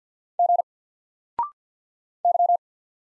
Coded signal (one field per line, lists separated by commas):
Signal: Morse code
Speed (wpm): 50 wpm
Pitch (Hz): 700 Hz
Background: none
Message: G Y